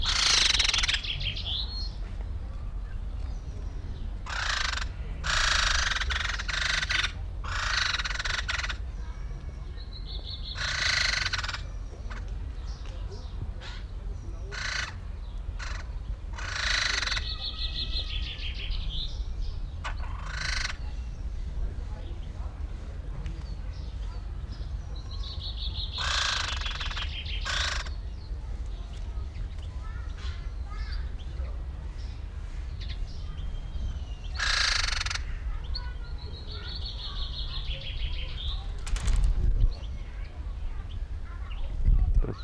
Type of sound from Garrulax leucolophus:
call